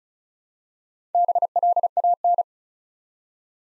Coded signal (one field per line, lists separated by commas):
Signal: Morse code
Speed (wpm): 36 wpm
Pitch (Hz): 700 Hz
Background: none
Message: BLAN